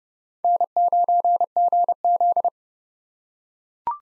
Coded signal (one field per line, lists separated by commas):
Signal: Morse code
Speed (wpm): 30 wpm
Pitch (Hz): 700 Hz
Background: none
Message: N9GZ